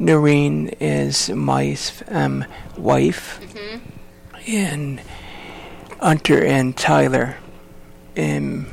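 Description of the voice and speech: Slow, halting speech from an adult man who survived a stroke, with drawn-out sounds and long pauses while naming his wife and sons, typical of post-stroke aphasia.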